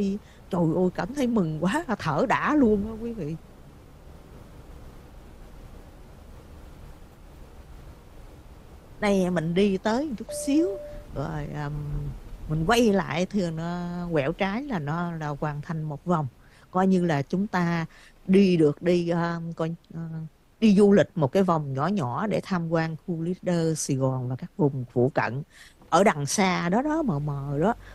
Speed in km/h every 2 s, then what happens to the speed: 60, 60, 63, 63, 60, 55, 45, 34, 10, 0, 0, 0, 0, 0.
0-6 steady at about 60. 6-18 brakes to 0. 18-28 standing.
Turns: none.